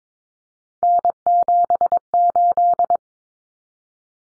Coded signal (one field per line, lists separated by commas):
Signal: Morse code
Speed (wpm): 22 wpm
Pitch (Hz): 700 Hz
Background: none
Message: N78